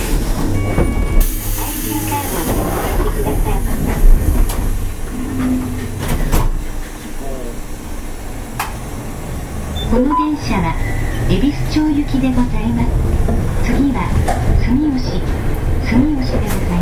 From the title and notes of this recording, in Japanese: 阪堺電気軌道701形電車の走行音です。阪堺線で録音しました。区間は、我孫子道から恵美須町までです。阪堺電車701形 あびこ道から恵美須町まで。